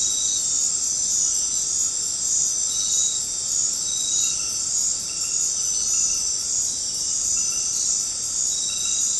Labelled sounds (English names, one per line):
none